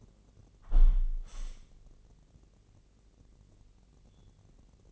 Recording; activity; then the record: daily activity, microphone in the room; close window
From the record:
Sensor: 4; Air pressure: 1013.2 hPa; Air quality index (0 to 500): 167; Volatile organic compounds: 2 ppm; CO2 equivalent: 1055 ppm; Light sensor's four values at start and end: 40/99/40/41 and 40/98/40/40